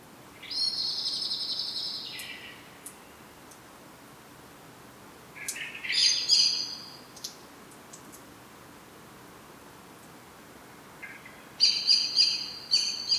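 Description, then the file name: Common blackbird calls: three bursts of thin, high, slightly twittering notes, the first lasting about two seconds, others shorter, each opening with a lower rasp, separated by quiet pauses. "Turdus merula"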